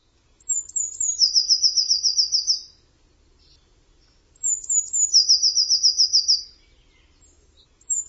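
Bird song: a few very high thin notes run into a fast, even, high-pitched trill, heard twice about four seconds apart, with a third beginning.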